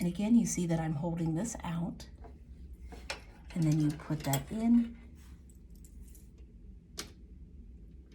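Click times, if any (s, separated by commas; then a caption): 7.0 s. Someone talks while a bobbin in its case is put into the bobbin housing of a sewing machine, with faint handling clicks and taps. The case is pushed home and the latch clicks at 7.0 s as a single sharp hit, showing the bobbin case is properly seated.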